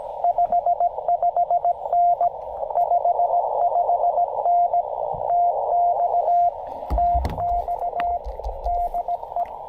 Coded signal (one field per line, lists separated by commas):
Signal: Morse code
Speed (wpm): 18 wpm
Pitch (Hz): 700 Hz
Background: radio noise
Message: 55N 55N TX TX DE